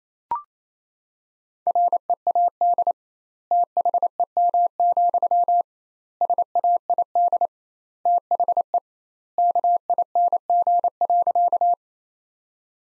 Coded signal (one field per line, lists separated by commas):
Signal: Morse code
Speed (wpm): 28 wpm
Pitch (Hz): 700 Hz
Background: none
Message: READ THEM, SAID THE KING.